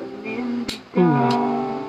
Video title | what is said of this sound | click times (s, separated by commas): SD BBSenshi Gundam Unicorn - ASSEMBLY - LIVESTREAM | a nice clicky sound for you guys | 0.7 s